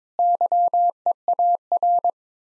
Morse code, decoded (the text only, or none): YEAR